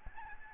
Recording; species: mosquito wingbeat signal from an infrared sensor; Aedes albopictus